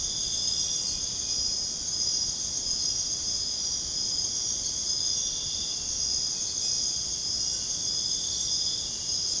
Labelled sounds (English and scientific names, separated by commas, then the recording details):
none
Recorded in dense forest near Puerto Asís, Putumayo, Colombia, on 22 June 2025 at 23:30
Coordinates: 0.486, -76.317
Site G065